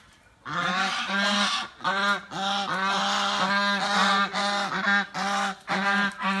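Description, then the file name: Goose giving repeated harsh, nasal honks in a steady chain after a short silent start. "Tieng ngong keu"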